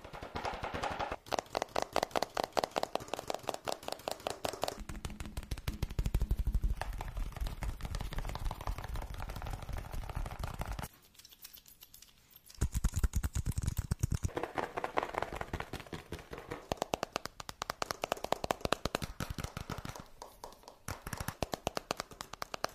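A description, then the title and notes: Fast tapping runs almost without pause, a dense stream of sharp, evenly spaced clicks. The hits have a low thud under them that grows heavier around five to ten seconds. A brief near-silence falls around eleven to twelve seconds before the rapid tapping resumes. Fast Tapping Deluxe Edition [Binaural Eargasm].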